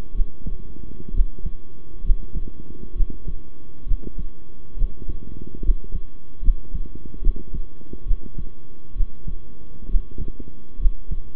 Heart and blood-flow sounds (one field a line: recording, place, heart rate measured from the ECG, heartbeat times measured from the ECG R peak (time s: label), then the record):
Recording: heart sounds by stethoscope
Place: between the tricuspid and mitral areas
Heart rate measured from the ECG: 68 bpm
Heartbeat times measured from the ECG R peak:
0.14 s: heartbeat
1.13 s: heartbeat
2.04 s: heartbeat
2.95 s: heartbeat
3.86 s: heartbeat
4.76 s: heartbeat
5.62 s: heartbeat
6.42 s: heartbeat
7.21 s: heartbeat
8.06 s: heartbeat
8.95 s: heartbeat
9.88 s: heartbeat
10.79 s: heartbeat
From the record:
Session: rest, sitting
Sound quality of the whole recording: good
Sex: male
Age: 23 years